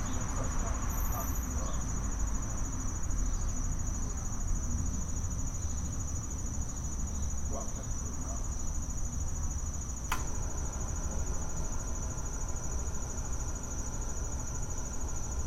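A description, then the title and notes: Back yard sounds on a Saturday: a constant high, thin insect whine runs straight through, likely crickets, over a steady low rumble like far-off traffic. Faint voices surface now and then, and a sharp click snaps out around ten seconds. The sounds of a back yard on a Saturday in August.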